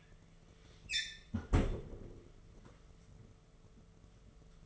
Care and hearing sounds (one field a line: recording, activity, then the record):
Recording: daily activity, microphone in the room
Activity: close fridge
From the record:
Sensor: 4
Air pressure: 1015.8 hPa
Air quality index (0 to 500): 189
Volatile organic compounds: 9 ppm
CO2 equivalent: 2181 ppm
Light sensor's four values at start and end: 8/17/7/7 and 10/22/9/9